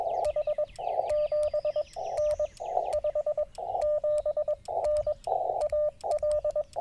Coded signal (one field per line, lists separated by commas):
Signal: Morse code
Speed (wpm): 22 wpm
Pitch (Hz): 1200 Hz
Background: none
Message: H 7N 57N AL